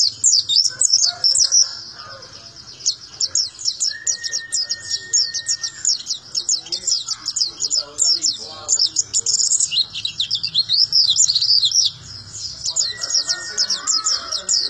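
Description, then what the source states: White-eye giving long runs of very high, rapid twittering notes with short pauses, plus a faint sustained whistle-like tone twice in the background. Song described as melodious and long.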